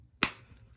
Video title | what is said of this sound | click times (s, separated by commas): Olay white strawberry mint body wash review | snaps into place so even if this were to fall um it's probably not going to | 0.2 s